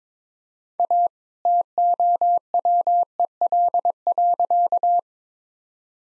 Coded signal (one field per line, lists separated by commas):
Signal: Morse code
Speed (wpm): 21 wpm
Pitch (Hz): 700 Hz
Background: none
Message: A TOWEL.